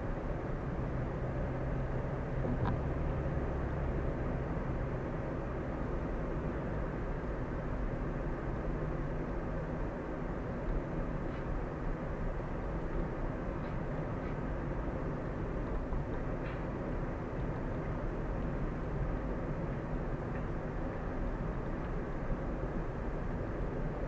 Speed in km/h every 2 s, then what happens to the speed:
50, 52, 53, 53, 53, 53, 53, 53, 53, 53, 53, 50.
0-24 steady at about 53.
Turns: none.